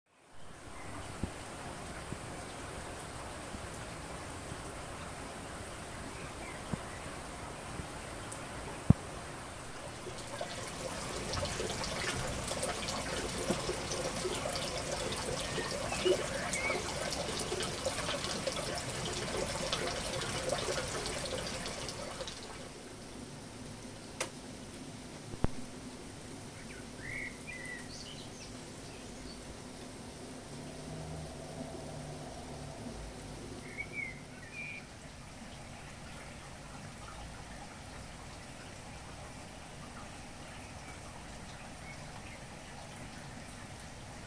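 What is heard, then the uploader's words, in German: Long-awaited rain after a dry spell, heard as a soft, steady patter with occasional sharper drops. From about 10 to 22 seconds the rain thickens into a denser hiss, then eases back. A few faint bird chirps and low rumbles sit in the background. Langersehnter Regen nach der Trockenheit. Zum Glück war's bei uns kein Unwetter, sondern nur 24 Stunden Regen, mit kurzen Unterbrechungen. Den Vögeln gefällt's anscheinend auch.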